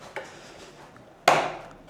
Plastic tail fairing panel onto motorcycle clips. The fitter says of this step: Tout est bien clipsé.